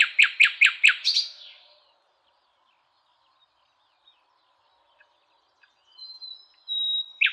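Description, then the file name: Common nightingale song: a short burst of loud repeated notes, a silent gap, then a thin sustained whistle and another loud note. "Luscinia megarhynchos"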